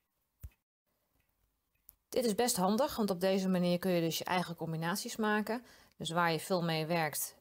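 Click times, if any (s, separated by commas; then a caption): 1.9 s. Two plastic Schneider Link-it fineliner pens are pushed end to end until one clips onto the other, forming a single combined pen. After near silence and a faint tick at 0.4 s, a sharp, short click at 1.9 s marks the pens seating together. Someone then talks from about 2.1 s onward.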